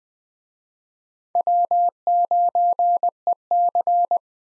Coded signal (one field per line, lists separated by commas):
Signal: Morse code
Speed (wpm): 21 wpm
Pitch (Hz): 700 Hz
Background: none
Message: W9EC